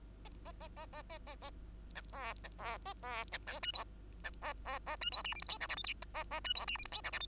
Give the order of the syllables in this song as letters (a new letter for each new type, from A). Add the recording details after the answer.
A A A A A A A A B C B C A C B D E F A E F G H I J K L M N A A E F G H I J K L M. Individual Bird2